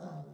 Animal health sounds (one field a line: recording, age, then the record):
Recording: pig call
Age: piglet (1 to 25 days)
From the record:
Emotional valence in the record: negative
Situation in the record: long isolation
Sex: male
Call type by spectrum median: low-frequency call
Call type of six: low-frequency stable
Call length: 0.33 s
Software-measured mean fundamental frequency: 54 Hz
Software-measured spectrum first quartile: 166 Hz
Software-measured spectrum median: 311 Hz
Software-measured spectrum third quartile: 674 Hz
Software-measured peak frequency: 171 Hz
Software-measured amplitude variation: 106 dB a second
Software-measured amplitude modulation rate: 16.6 a second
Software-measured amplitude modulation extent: 6.4 dB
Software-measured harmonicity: 4.0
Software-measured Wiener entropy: -0.26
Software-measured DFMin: 1239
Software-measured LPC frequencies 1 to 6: 667, 1375, 3901, 5320, 7935, 9292 Hz